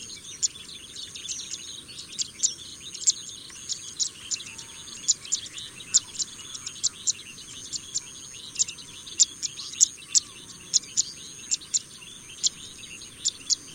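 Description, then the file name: Pipit giving bright, clipped high chirps, loosely spaced and sometimes doubled, with a continuous shrill insect-like drone behind them. "kicau burung apung omkicau"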